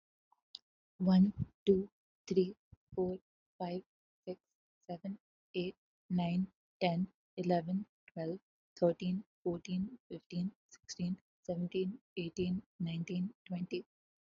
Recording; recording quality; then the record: counting at a normal pace; excellent, no background noise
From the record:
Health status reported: healthy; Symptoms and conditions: none ticked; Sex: female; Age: 22 years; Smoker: not ticked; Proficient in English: yes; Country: India